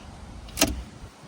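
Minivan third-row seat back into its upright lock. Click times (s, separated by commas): 0.6 s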